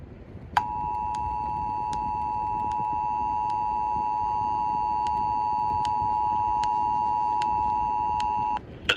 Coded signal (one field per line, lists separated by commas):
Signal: Emergency Alert System (SAME) tones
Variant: 853 and 960 Hz attention tone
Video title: WHY NEW JERSEY?! WHY?! | New Jersey Required Monthly Test on WDPN-TV (March 15, 2022) (EAS #386)